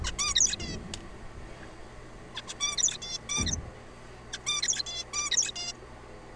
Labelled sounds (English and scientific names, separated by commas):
Zebra Finch (Taeniopygia guttata)